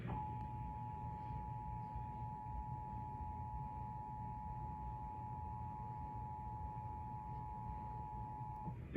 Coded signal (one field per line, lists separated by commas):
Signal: Emergency Alert System (SAME) tones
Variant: 853 and 960 Hz attention tone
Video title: (EAS 43) Immediate Evacuation